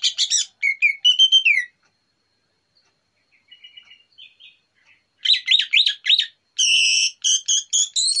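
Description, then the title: Orange-headed thrush song, fast rattling trills and sweet slurred whistles in two energetic bursts separated by a soft, quiet stretch. Morning lure recording, described as relaxed and clear. "Pancingan Anis Merah Plong Santai Pagi Hari"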